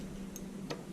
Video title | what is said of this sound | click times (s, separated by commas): Antique Toys and Vinyl Record Collection | and locks into place. | 0.4 s